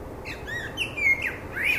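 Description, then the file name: Common blackbird giving a brief run of mellow, slurred whistled notes, rising and falling, with faint higher overtones and light background hiss. "Turdus merula"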